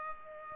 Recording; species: mosquito wingbeat signal from an infrared sensor; Culex pipiens